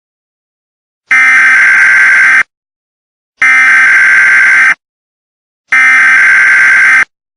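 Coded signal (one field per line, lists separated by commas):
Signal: Emergency Alert System (SAME) tones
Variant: header bursts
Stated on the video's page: Fictional EAS scenario about dinosaurs escaping a zoo, not a real alert.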